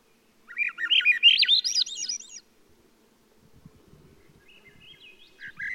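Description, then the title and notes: Swainson's Thrush song: a fluty phrase spiralling upward through rapid rising notes, then a quieter second phrase starting near the end. "Swainson's Thrush. Macaulay Library at Cornell Lab of Ornithology"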